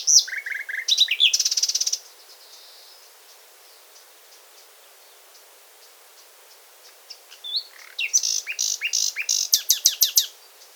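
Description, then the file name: Common nightingale singing: whistled notes, sharp chirps and a loud, rapid buzzy rattle, a long pause, then varied chirps and fast repeated clicking notes. "Luscinia megarhynchos"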